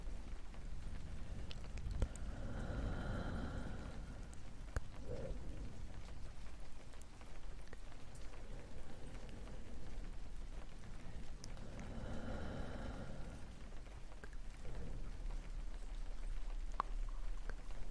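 Rain falls in a steady hiss, with sharp ticks and taps scattered throughout as a camera is set up. Twice, around two to four seconds and again near twelve to thirteen seconds, a low rumbling swell with a soft tonal whine rises and fades.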